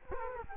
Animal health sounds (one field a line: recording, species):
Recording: mosquito wingbeat signal from an infrared sensor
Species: Culex quinquefasciatus